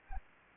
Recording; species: mosquito wingbeat signal from an infrared sensor; Anopheles arabiensis